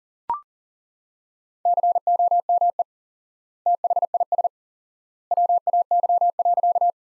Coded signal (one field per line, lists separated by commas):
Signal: Morse code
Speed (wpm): 40 wpm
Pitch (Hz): 700 Hz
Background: none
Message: COME THIS WAY.